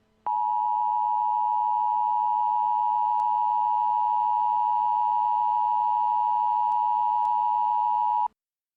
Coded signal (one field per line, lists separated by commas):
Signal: Emergency Alert System (SAME) tones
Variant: 853 and 960 Hz attention tone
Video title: EAS Scenario #18: Mickey Error XIV The Revive Of Minnie Error